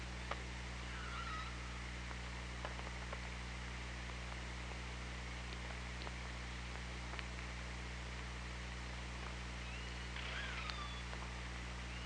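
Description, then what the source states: Killer whale calls underwater: a brief wavering tone early on, then a louder bent, harmonic-rich call near the end, over steady hiss, low hum and scattered clicks. Hydrophone at OrcaLab, 24 August 2017 at about 16:05.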